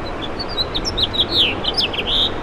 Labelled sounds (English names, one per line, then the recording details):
House Finch song
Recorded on Long Island, New York, on 7 June 2011
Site MV
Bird B